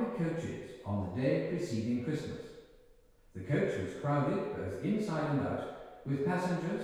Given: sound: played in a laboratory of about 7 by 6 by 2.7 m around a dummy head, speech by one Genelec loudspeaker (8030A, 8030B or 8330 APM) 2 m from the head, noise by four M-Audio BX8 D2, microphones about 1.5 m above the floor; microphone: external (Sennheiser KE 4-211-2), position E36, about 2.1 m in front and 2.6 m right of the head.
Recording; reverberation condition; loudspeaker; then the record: male speech in English; high; 90 degrees to the right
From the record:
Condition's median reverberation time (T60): about 1300 ms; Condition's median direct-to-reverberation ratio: about -4.0 dB